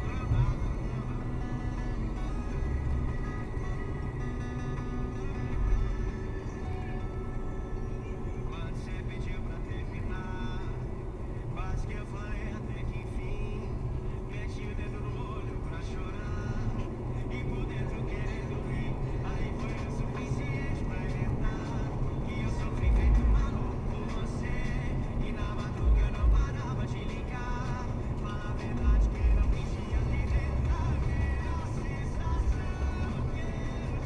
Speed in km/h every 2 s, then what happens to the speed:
104, 102, 101, 99, 97, 98, 99, 103, 112, 122, 129, 129, 126, 125, 124, 126, 125.
0-9 slows to 97. 9-20 speeds up to 129. 20-34 steady at about 126.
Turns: none.